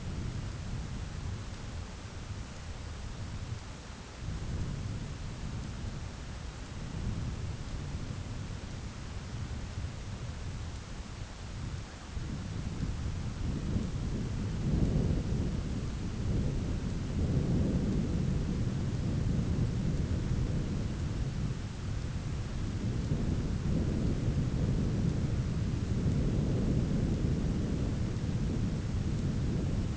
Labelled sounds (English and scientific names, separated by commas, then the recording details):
none
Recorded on Arctic tundra, site ZACK-1, on 11 June 2019
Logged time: 11:49